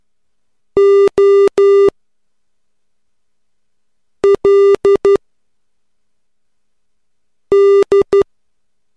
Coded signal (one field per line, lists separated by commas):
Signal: Morse code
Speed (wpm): 12 wpm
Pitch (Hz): 400 Hz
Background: none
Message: OLD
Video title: Morse Code Practice #3 - 3 WPM.wmv